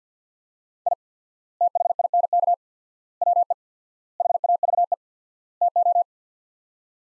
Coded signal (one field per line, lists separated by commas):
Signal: Morse code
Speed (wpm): 46 wpm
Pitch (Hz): 700 Hz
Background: none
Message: I THINK WE HAVE TO